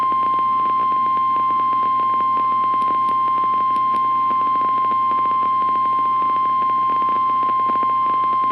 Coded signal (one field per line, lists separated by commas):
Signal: Emergency Alert System (SAME) tones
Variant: 1050 Hz attention tone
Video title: Real EAS #320 - Severe Thunderstorm Watch